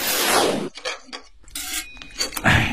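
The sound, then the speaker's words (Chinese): Kitchen cooking noises while a cold tofu dish is prepared: a broad hiss of sizzling or scraping, then scattered clinks and clatters of pots, dishes and utensils, with a brief bright metallic ring, all without talk. “哎呀，不行了，我还是去厨房冷静冷静吧。”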